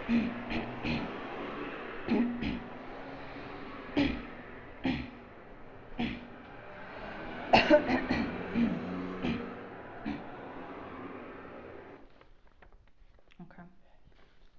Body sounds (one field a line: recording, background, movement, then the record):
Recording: throat clearing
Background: traffic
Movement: sitting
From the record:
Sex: female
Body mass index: 22.6 kg/m2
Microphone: on the chest, facing outward